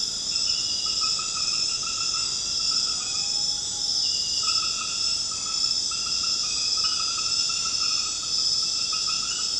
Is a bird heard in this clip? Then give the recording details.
no. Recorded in secondary vegetation near Puerto Asís, Putumayo, Colombia, on 8 March 2025 at 22:00. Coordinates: 0.485, -76.322. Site G040